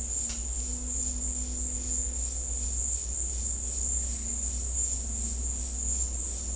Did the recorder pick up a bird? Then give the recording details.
no. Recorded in dense forest near Puerto Asís, Putumayo, Colombia, on 16 December 2024 at 14:00. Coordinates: 0.466, -76.327. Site G075